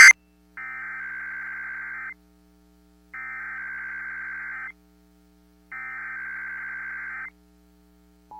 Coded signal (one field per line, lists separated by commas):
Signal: Emergency Alert System (SAME) tones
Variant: header bursts